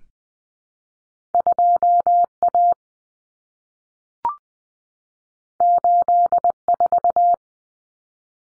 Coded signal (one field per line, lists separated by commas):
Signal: Morse code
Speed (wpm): 19 wpm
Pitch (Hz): 700 Hz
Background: none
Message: 2A 84